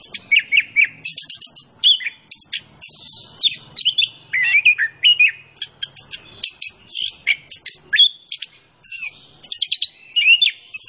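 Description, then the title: Orange-headed thrush singing a rapid, varied stream of high chirps, whistles and short trills with brief gaps between phrases. Singing vigorously (gacor); masteran training song for teaching songbirds; kicau mania hobby. "Anis Kembang Gacor. Kicau Mania Masteran Anis Kembang ORIGINAL"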